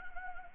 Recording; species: mosquito wingbeat signal from an infrared sensor; Anopheles gambiae